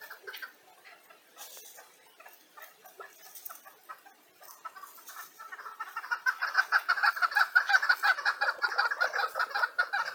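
Chukar giving clucking chuck notes that start soft and scattered, then build into a loud, fast series in the second half.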